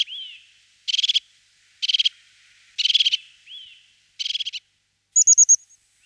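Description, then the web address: Crested tit giving several short, buzzy purring trills, mixed with a few thin, high whistled notes. "Topmejse"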